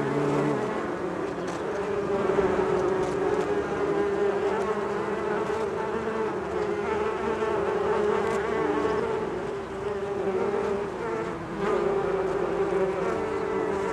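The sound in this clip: Buzzing of bees, a thick continuous hum from many wings, with a brief dip in loudness near the end before the drone resumes.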